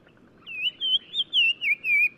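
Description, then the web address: Black-crowned tchagra whistled phrase: six wavering whistles in a quick series at a fairly steady pitch. Recorded in Morocco. "Black-crowned Tchagra. new sound approach title morocco"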